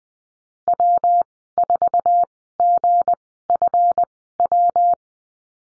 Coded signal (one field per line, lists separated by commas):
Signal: Morse code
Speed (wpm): 19 wpm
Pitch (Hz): 700 Hz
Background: none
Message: W4GFW